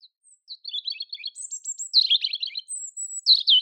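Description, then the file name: European robin song, a continuous run of high twittering and trilled notes, shifting pitch repeatedly, with a few thin whistled strands above; no other sounds. "Erithacus rubecula"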